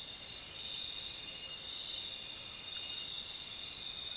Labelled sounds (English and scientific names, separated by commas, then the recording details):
none
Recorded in secondary vegetation near Puerto Asís, Putumayo, Colombia, on 25 June 2025 at 20:30
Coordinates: 0.499, -76.323
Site G077